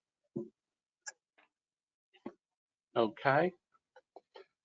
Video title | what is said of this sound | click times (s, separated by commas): Sewing Machine Workshop (NECPA Session) | clockwise, and you'll hear it pop right back in again. | 0.4 s